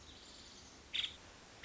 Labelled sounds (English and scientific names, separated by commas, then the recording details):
Nuttall's Woodpecker (Dryobates nuttallii)
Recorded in Sonoma County, California